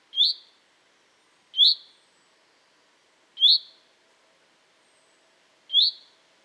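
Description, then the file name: Common chaffinch calling: a short, bright, upward-flicking note given four times at uneven intervals, with nothing else audible. "Fringilla coelebs"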